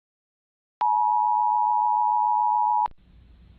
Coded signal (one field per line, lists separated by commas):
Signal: Emergency Alert System (SAME) tones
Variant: 853 and 960 Hz attention tone